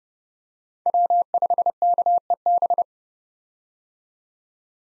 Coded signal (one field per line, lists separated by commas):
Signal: Morse code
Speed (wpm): 30 wpm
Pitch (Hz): 700 Hz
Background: none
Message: W5KEB